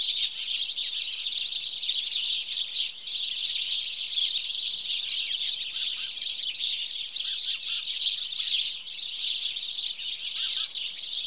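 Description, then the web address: House sparrows chirping densely, many birds overlapping continuously, with a few softer lower notes in the second half. "BBC Sound Effects Library Birds House Sparrow (Passer Domesticus)"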